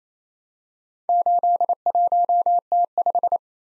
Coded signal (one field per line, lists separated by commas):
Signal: Morse code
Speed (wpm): 29 wpm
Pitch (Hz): 700 Hz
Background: none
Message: 81T5